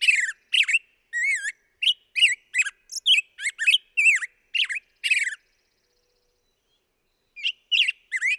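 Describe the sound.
Black-headed grosbeak giving a fast, melodic sequence of whistled notes, a pause of about two seconds, then a brief further burst.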